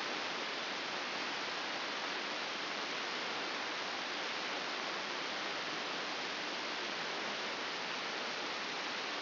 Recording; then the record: brain microelectrode recording played as sound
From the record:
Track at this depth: outside the subthalamic nucleus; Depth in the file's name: 6.861 mm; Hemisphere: left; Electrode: 2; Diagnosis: Parkinson's disease